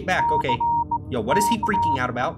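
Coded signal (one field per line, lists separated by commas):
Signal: Morse code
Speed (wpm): 21 wpm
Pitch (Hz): 940 Hz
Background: speech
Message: C K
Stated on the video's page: Morse code used in the horror game The Old Gentleman to save a friend in the ocean.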